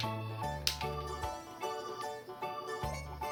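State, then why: Not seated. A plastic key is pushed at the key slot of a transforming robot toy over steady background music, making several light taps, the sharpest at 0.7 s. The key will not go into the slot, and nothing has seated or clicked yet.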